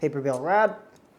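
Someone talks while fitting a keyed plastic/metal bail roller part onto a typewriter's paper bail rod, after the roller core and spring have been fitted and lined up with the rod's flat spot. The voice fades into quiet background after about 0.7 seconds, and nothing has seated or clicked yet.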